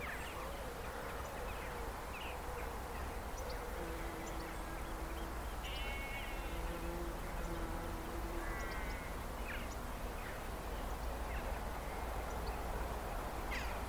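Bees buzz in and out, their hum rising and fading around four to nine seconds over a steady low rumble of wind. Short bird chirps and trills break through now and then, clearest near six and eight seconds, with a brief call at the end.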